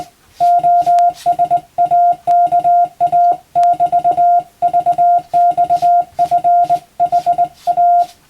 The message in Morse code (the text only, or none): OSAKA<BT>VXFHA